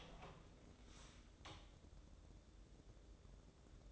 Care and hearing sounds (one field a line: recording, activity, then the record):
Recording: daily activity, microphone in the room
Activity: open door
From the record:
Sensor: 3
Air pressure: 1012.3 hPa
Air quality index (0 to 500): 181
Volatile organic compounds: 3 ppm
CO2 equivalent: 1381 ppm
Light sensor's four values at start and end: 626/1558/646/669 and 624/1553/644/666